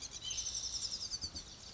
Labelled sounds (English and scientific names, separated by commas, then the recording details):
White-breasted Nuthatch (Sitta carolinensis)
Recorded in Sonoma County, California